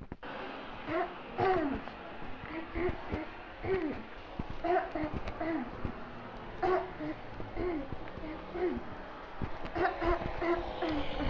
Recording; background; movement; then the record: throat clearing; traffic; walking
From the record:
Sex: female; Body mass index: 18.8 kg/m2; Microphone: on the chest, facing outward